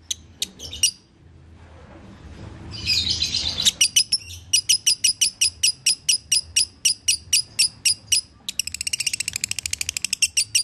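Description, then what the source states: Lovebird chattering: a few scattered sharp notes, a harsh buzzy burst, then a steady stream of high chirps ending in a faster rattling trill. Konslet song style.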